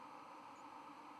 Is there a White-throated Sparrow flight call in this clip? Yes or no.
no